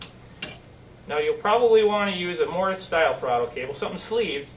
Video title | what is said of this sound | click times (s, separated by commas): DUNE BUGGY & OFFROAD PEDAL KIT INTRO | And it simply pops into place. | 0.0 s, 0.4 s